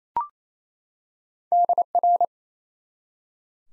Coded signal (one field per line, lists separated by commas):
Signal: Morse code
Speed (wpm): 27 wpm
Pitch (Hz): 700 Hz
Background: none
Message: DR